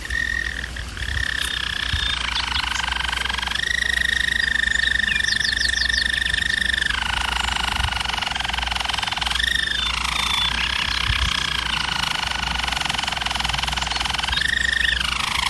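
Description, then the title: German Roller canary rolling song with long steady tours lasting several seconds, broken by short dips and returns in pitch. German Roller canary singing, for canary training. "German Roller Canary Singing - Canary Training Vid"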